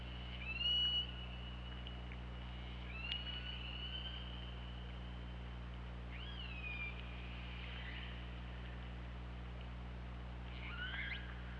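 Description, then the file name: Orca producing several scattered whistles and short upswept calls against steady low hum and hiss. Recorded 24 August 2017 at 23:28. "Orca Lab. 20170824"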